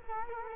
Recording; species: mosquito wingbeat signal from an infrared sensor; Culex quinquefasciatus